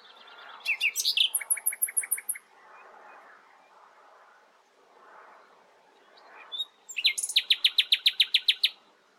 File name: Luscinia megarhynchos